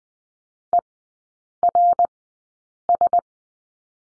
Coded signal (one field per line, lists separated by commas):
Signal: Morse code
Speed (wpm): 20 wpm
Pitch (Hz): 700 Hz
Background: none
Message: ERS